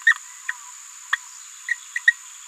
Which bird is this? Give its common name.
Green-rumped Parrotlet